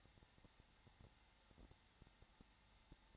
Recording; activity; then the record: daily activity, microphone in the room; no activity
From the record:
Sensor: 3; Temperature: 21.3 degrees Celsius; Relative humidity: 33.3%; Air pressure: 994.5 hPa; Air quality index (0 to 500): 168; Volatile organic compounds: 3 ppm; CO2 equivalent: 1459 ppm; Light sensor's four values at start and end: 2/3/2/2 and 2/3/2/2